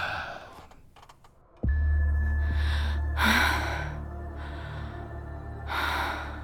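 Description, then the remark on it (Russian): Heavy, puffing breaths come in three loud, breathy bursts a second or so apart, riding over a steady low droning hum that switches on abruptly partway through. “Не пыхти так.”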